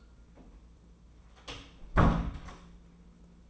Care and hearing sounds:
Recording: daily activity, microphone in the room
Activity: close door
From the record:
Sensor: 1

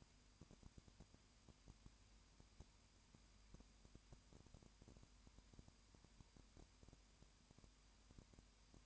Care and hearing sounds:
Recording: daily activity, microphone in the room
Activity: no activity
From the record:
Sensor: 2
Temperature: 20.8 degrees Celsius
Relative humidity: 38.2%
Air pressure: 1010.4 hPa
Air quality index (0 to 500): 200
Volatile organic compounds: 19 ppm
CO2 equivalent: 2649 ppm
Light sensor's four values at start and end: 2/3/2/2 and 2/3/2/2

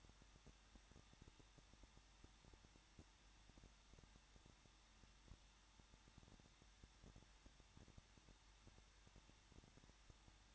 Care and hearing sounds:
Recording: daily activity, microphone in the room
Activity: no activity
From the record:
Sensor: 3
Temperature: 21.2 degrees Celsius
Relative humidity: 36.3%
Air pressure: 1006.3 hPa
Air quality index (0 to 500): 222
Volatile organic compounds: 41 ppm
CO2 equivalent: 3162 ppm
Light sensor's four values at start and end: 2/3/2/2 and 2/3/2/2

